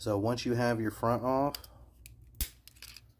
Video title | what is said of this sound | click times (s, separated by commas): PS5 controller trackpad disassembly | it just pops out. There's nothing holding it in. It just snaps in place. | 2.4 s